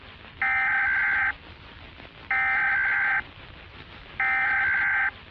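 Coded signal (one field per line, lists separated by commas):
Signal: Emergency Alert System (SAME) tones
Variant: header bursts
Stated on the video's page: Fictional zombie outbreak EAS scenario, analog horror, possibly containing valid tones.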